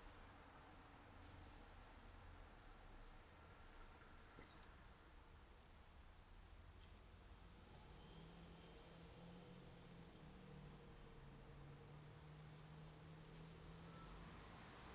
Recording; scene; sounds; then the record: everyday scene through a hearing-aid microphone; in traffic; traffic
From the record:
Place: city secondary road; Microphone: in the ear canal, right